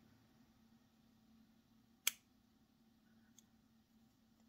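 While reassembling a TWSBI Eco piston-filler fountain pen to fix a piston problem, the plastic piston mechanism is worked until the part up top snaps into the pen barrel. One sharp click sounds at 2.1 s against a low steady hum, followed by a much fainter tick at 3.4 s. The part seats in place.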